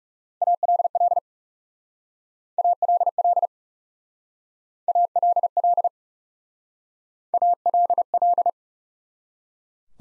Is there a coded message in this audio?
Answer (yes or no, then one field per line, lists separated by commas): yes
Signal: Morse code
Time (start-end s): 0.4-8.5 s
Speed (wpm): 37 wpm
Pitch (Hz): 700 Hz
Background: none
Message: ALL ALL ALL ALL